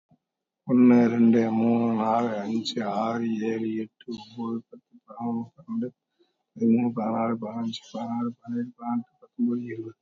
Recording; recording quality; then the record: counting at a normal pace; excellent, no background noise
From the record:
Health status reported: COVID-19 positive, mild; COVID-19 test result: positive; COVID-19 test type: RT-PCR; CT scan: taken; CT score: 13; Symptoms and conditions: cough, sore throat, fatigue, loss of smell and taste, diabetes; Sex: male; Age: 51 years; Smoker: no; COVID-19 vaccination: none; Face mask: worn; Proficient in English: yes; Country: India